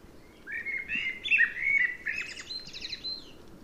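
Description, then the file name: Common blackbird song with a run of rich whistled notes followed by a rapid, high, scratchy twittering tail. "Turdus merula"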